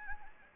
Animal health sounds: mosquito wingbeat signal from an infrared sensor; Anopheles gambiae

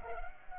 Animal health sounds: mosquito wingbeat signal from an infrared sensor; Culex pipiens

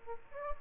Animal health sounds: mosquito wingbeat signal from an infrared sensor; Aedes aegypti

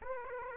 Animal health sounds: mosquito wingbeat signal from an infrared sensor; Aedes aegypti

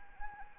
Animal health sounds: mosquito wingbeat signal from an infrared sensor; Anopheles arabiensis

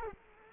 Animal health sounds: mosquito wingbeat signal from an infrared sensor; Culex quinquefasciatus

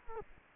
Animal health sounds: mosquito wingbeat signal from an infrared sensor; Culex quinquefasciatus

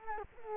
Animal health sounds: mosquito wingbeat signal from an infrared sensor; Culex quinquefasciatus

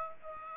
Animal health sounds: mosquito wingbeat signal from an infrared sensor; Aedes aegypti

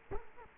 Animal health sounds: mosquito wingbeat signal from an infrared sensor; Culex quinquefasciatus

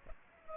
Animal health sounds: mosquito wingbeat signal from an infrared sensor; Culex pipiens

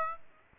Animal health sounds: mosquito wingbeat signal from an infrared sensor; Aedes aegypti

